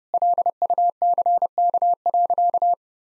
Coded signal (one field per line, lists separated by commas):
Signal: Morse code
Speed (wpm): 30 wpm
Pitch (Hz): 700 Hz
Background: none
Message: LUCK.